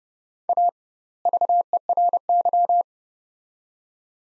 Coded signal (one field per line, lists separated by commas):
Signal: Morse code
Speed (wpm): 30 wpm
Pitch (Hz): 700 Hz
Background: none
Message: A VERY